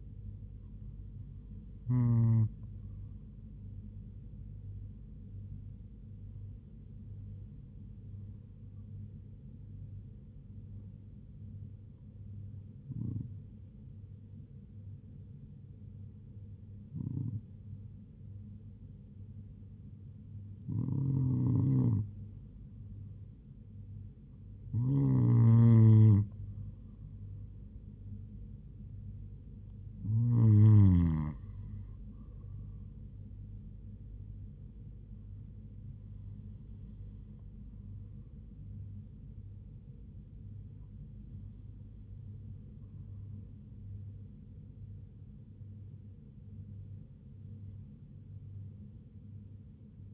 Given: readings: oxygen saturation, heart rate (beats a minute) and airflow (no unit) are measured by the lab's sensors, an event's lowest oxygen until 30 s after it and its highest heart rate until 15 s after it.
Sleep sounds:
breathing in sleep by a smartphone at the bedside; none
none scored
From the record:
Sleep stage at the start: N2 (light sleep); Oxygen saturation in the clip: 96 to 98%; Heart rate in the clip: 69 to 79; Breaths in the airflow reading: 10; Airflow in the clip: -4.4 to 3.6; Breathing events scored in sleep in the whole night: 158 in 7.3 hours asleep

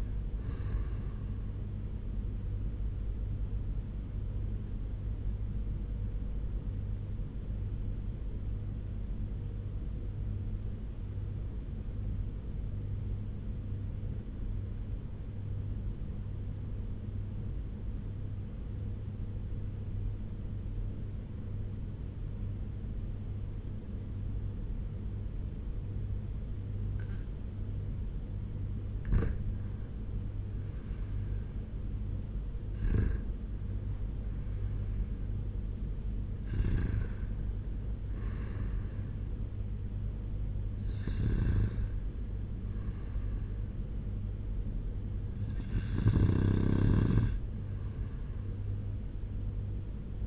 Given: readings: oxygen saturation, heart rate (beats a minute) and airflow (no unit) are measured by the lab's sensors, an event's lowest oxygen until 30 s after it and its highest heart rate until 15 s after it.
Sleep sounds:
breathing in sleep by a smartphone at the bedside; 1
9.00-29.20 s: obstructive apnea (REM, oxygen 98% highest, then 95% lowest, heart rate 84 at the start, 89 highest)
From the record:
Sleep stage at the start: REM sleep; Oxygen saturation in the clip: 88 to 98%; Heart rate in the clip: 79 to 89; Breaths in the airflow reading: 5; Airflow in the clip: -7.3 to 5.9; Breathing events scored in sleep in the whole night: 201 in 6.5 hours asleep

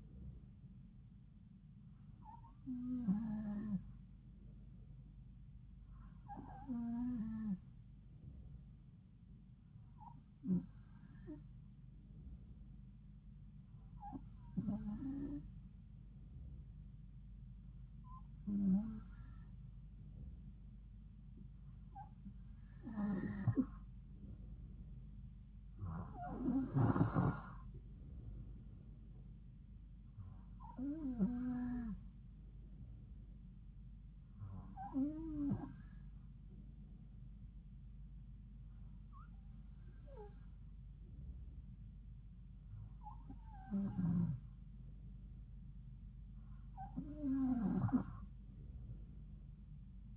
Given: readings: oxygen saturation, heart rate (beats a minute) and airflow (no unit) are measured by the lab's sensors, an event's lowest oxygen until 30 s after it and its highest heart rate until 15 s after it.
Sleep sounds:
breathing in sleep by a smartphone at the bedside; none
none scored
From the record:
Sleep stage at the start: N2 (light sleep); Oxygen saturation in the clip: 92 to 93%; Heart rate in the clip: 70 to 75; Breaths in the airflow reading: 12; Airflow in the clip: -3.5 to 3.3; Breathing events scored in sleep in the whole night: 270 in 6.1 hours asleep

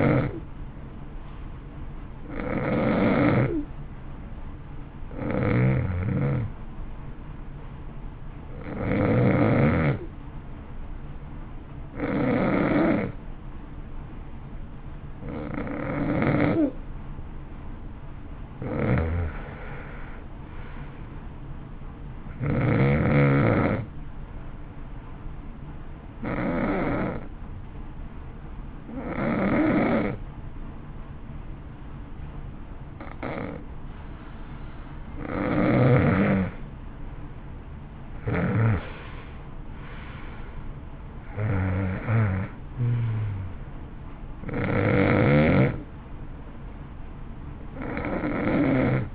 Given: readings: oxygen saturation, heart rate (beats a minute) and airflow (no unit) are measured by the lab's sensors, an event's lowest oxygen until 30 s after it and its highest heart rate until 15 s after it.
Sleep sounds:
breathing in sleep by a smartphone at the bedside; 2
4.00-19.60 s: hypopnea (N2, oxygen 93% highest, then 89% lowest, heart rate 55 at the start, 60 highest)
26.00-39.10 s: hypopnea (N2, oxygen 91% highest, then 88% lowest, heart rate 59 at the start, 62 highest)
From the record:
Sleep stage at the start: N2 (light sleep); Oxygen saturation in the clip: 86 to 93%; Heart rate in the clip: 55 to 62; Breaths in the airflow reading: 16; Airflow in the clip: -14.4 to 16.3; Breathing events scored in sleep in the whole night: 328 in 6.3 hours asleep

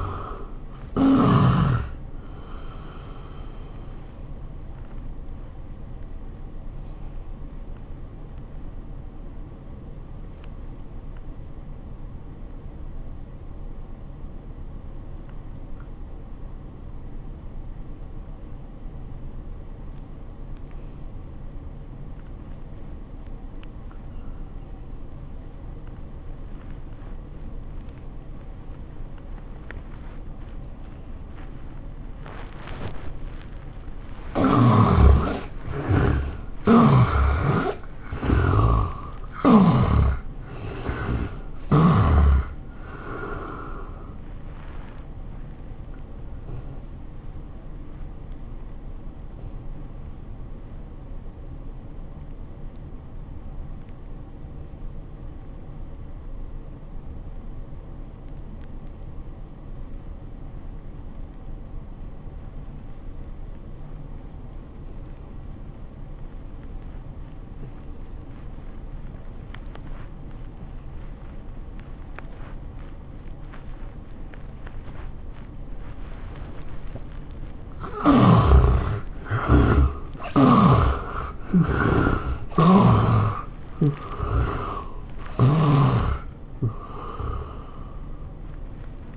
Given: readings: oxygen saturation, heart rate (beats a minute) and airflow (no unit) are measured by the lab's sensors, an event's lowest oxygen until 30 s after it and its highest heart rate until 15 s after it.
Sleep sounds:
breathing in sleep by a smartphone at the bedside; 2
8.00-33.80 s: obstructive apnea (N1, oxygen 98% highest, then 75% lowest, heart rate 78 at the start, 96 highest)
55.00-78.70 s: obstructive apnea (N1, oxygen 95% highest, then 72% lowest, heart rate 79 at the start, 102 highest)
From the record:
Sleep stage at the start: N1 (lightest sleep); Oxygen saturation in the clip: 75 to 98%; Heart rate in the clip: 70 to 102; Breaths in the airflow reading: 11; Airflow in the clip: -17.6 to 11.8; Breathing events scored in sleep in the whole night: 403 in 5.5 hours asleep

